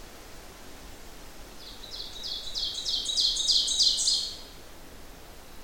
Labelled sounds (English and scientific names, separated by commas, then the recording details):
Ovenbird (Seiurus aurocapilla) song
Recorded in boreal forest in Alberta, Canada, on 12 June 2016 at 07:15
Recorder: SongMeter 3, array SBT-3-18
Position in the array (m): 122 m, 108 m
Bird 29